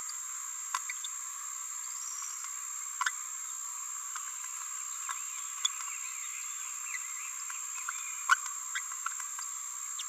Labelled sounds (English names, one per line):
Green-rumped Parrotlet babbling